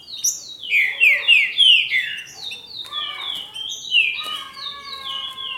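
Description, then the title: Green-winged saltator song of rapid, sliding whistled notes, bright and descending, followed by longer level tones. "Trinca Ferro"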